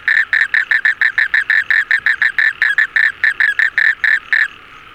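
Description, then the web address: Frog calling in a fast train of short, evenly spaced pulsed notes for about four and a half seconds, then stopping; otherwise quiet. Recorded 26 February 2022. "frog 20220226"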